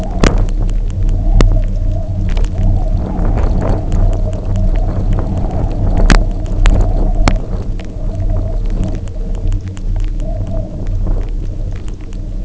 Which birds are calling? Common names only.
none